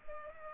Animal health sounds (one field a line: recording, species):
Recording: mosquito wingbeat signal from an infrared sensor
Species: Culex pipiens